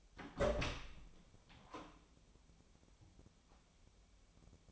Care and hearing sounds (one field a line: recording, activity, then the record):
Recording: daily activity, microphone in the room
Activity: open door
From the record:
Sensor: 1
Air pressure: 1007.2 hPa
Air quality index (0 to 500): 200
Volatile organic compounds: 20 ppm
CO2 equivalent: 2689 ppm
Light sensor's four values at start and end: 13/32/13/14 and 13/34/13/15